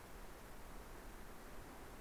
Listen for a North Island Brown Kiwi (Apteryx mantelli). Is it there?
no